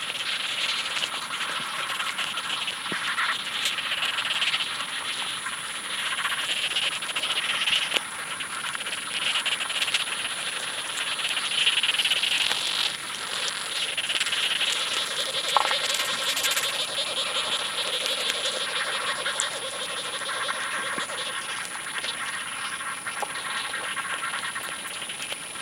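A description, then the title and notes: A summer countryside field recording, filled with a dense, steady chatter of insect-like chirps and rattles, bright. A thin, high constant whine runs throughout, and a few sharper clicks stand out around 8 and 15 seconds. Field recordings made at Badbury Rings, Dorset, UK, during the summer of 2023. Today, the area is also a nature reserve, with an important remnant of chalk grassland that is associated with a rich plant and invertebrate fauna.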